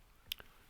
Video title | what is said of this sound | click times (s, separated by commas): Camera: Intro D3300 | until it clicks, until that white dot is at the top of the camera. You'll hear it click. You cannot miss it. | 0.3 s